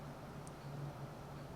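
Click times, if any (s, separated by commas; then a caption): none. A small plastic toy figure is pressed into its plastic base, with a steady low hum and faint background noise throughout, plus one brief faint high tick at 0.5 s. The figure does not snap in, and nothing has seated or clicked yet.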